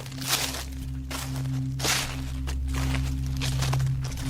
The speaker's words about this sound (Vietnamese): Lại có thêm tiếng bước chân soạt soạt.